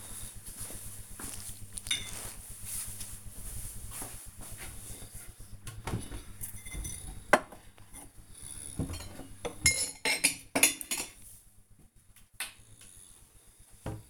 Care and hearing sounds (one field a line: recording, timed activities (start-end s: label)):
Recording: household activities, microphone on the right wrist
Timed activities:
0.00-14.10 s: cleaning out the dishwasher